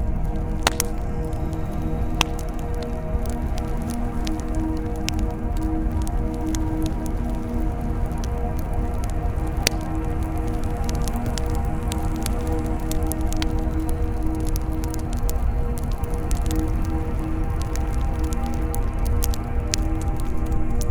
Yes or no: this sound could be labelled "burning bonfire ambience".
yes